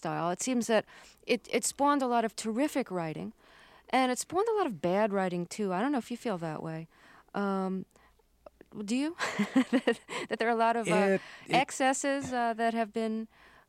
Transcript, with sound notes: It seems that it spawned a lot of terrific writing, and it spawned a lot of bad writing, too. I don't know if you feel that way - do you (laughter)? - that there are a lot of excesses that have been...